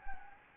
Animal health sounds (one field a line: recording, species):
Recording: mosquito wingbeat signal from an infrared sensor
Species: Anopheles gambiae